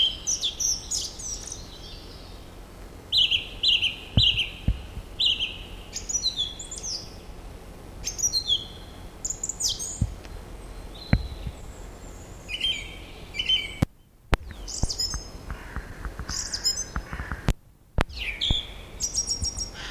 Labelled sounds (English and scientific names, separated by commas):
Song Thrush (Turdus philomelos) song